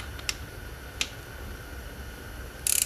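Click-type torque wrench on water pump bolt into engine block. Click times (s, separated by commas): 1.0 s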